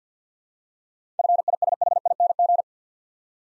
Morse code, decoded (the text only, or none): FISHING